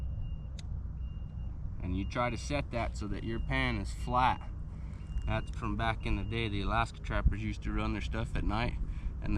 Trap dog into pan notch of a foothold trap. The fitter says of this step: and when you pull it down that dog will click